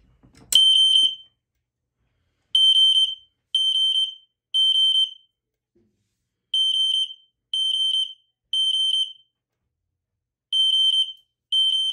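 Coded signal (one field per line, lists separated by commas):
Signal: alarm pattern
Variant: System Sensor 3K horn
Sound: shrill 3 kHz horn beeping three times, pausing, repeating; one longer blast first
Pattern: temporal three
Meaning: Temporal-3 pattern is the standard fire evacuation signal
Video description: 4 tone/coding options: .Mechanical Temporal 3 .Mechanical Continuous .3K Temporal 3 .3K Continuous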